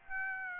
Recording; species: mosquito wingbeat signal from an infrared sensor; Aedes aegypti